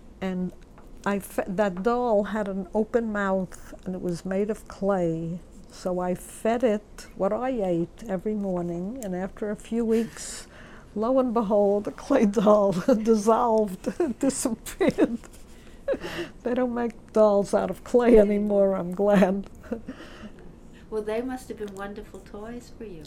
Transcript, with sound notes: And I, that doll had an open mouth and it was made of clay so I fed it what I ate every morning and after a few weeks, lo and behold, the clay doll had dissolved, it disappeared. (She laughs.) They don't make dolls out of clay anymore, I'm glad.
Well, they must have been wonderful toys for you.